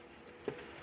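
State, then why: Seated. A drain line flow control fitting is pushed into the drain port of a 9510 commercial backwash water filter valve, with its retaining clip pushed back by a screwdriver so it pops into place; heavier units are a little tougher to seat. A single sharp snap sounds at 0.5 s over a low steady background. The fitting snaps in and is seated.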